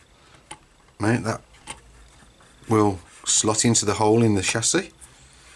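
A plastic part from a Tamiya DT03 RC car kit is handled and lined up with a hole in the plastic chassis while someone talks, with brief handling knocks at about 0.5 and 1.7 seconds. The part has not yet clicked into the chassis; nothing has seated by the end of the clip.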